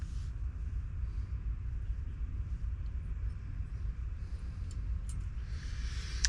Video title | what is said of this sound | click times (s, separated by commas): 2014-2018 GMC Sierra / Silverado Rear Brake Pads & Rotors Replacement | and then press it down until it clicks in. | 6.2 s